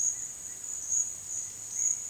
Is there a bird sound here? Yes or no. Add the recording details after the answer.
no. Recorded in dense forest near Puerto Asís, Putumayo, Colombia, on 22 June 2025 at 12:30. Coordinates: 0.466, -76.327. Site GP04